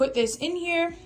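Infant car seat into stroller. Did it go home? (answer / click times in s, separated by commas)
no / none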